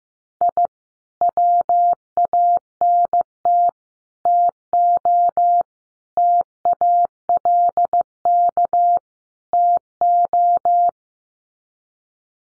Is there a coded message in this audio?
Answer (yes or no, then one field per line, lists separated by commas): yes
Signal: Morse code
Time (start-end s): 0.4-10.9 s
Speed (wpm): 15 wpm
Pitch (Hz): 700 Hz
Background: none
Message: I WANT TO TALK TO